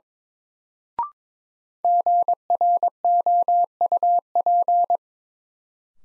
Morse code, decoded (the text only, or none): GROUP